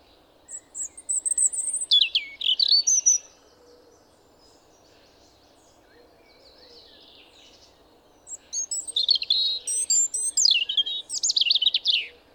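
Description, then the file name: European robin song in two bursts of thin, high whistles, sliding notes and quick trills, the first about three seconds long and the second about four, with a quiet gap between them. "Erithacus rubecula"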